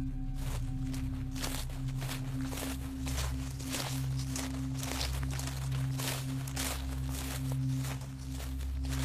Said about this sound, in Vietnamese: Có tiếng bước chân đi lại quanh miếu thành hoàng.